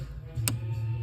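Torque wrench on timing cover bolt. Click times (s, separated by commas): 0.5 s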